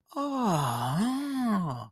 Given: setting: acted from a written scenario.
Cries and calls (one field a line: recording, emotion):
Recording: vocal sound without words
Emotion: positive surprise